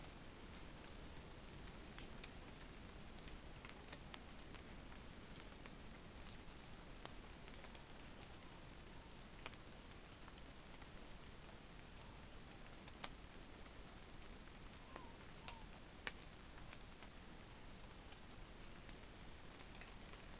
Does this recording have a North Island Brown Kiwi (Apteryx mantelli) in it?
no